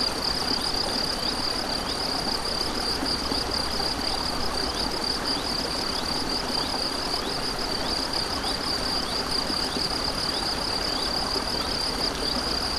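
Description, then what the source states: Crickets keep up a constant shrill trill with repeated faint pulses for the whole stretch, while a stream rushes steadily behind. Crickets beside a stream, 7 May 2014, recorded on an MZ-N710 recorder.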